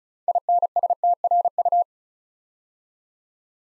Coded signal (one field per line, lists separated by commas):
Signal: Morse code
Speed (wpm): 36 wpm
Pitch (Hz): 700 Hz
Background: none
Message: INSTRU